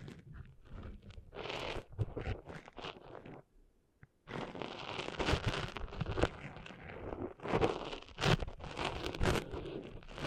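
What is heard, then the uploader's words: Cleaning sand out of an ear: dense, gritty rubbing and scratching that crackles in uneven bursts. The scraping pauses into near silence just before four seconds, broken by a single click, then resumes more steadily with sharp bright scrapes through the end. ASMR Cleaning Sand Out of Your Ears (No Talking).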